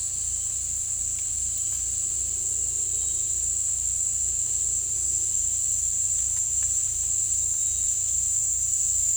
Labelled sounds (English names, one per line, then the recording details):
none
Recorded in dense forest near Puerto Asís, Putumayo, Colombia, on 18 December 2024 at 17:30
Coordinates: 0.486, -76.317
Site G003